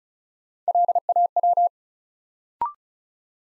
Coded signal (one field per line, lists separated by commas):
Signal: Morse code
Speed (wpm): 36 wpm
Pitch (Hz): 700 Hz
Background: none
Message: LAW